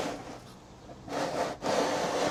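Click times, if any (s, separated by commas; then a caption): none. The plastic locking ring on a pool cartridge filter housing lid is handled as the housing is turned slightly and the ring is spun. Soft rubbing in the first second gives way to louder scraping from about 1.1 s, briefly dips near 1.6 s, then continues to the end. Nothing has seated or clicked yet.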